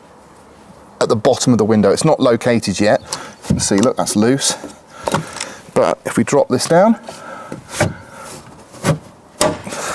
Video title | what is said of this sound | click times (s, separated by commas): LR091360 - REAR RIGHT HAND DOOR LATCH FOR RANGE ROVER SPORT, DISCOVERY 3 & 4 - LR091361 | there's a little click. We're now in. | 9.4 s